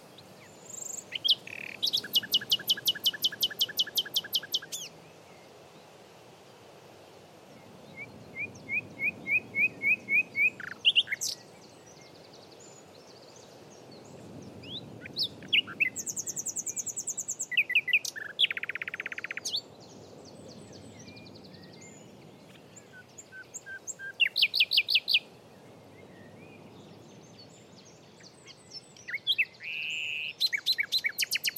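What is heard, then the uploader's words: A nightingale pours out song, alternating fast, buzzy trills and rattling bursts with clear piping notes and sharp chirps, phrases arriving every few seconds with short pauses between. The bird sounds bright, over a soft, low outdoor rumble. The Old Railway Path - Chris Watson. Composer and sound recordist Chris Watson follows the overgrown railway path between Aldeburgh and Saxmundham. Recording an array of elemental, animal and bird sounds. The outpouring of a nightingale.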